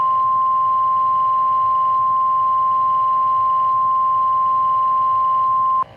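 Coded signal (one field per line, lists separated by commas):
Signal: Emergency Alert System (SAME) tones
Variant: 1050 Hz attention tone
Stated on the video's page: Fictional scenario using valid EAS tones.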